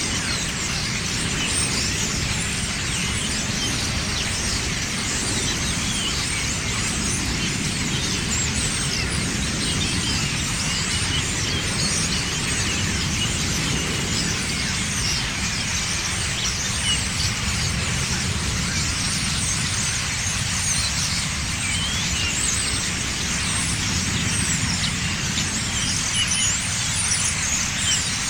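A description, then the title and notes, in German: Thousands of starlings chatter at once in a dense, steady wash of bright, crackling calls, with a low rumbling hum underneath throughout. Tausende Stare, die landen und sich zu unterhalten beginnen.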